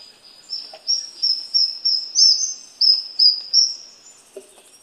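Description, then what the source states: Esmeraldas antbird song: a string of several high whistled notes at a fairly steady pitch, followed by a faint lower chip. Recorded in Ecuador.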